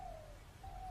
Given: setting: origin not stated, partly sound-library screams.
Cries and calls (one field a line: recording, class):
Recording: one-second piece from a danger detection set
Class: normal situation